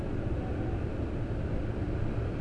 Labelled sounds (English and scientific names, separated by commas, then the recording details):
none
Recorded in Germany
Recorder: ecoPi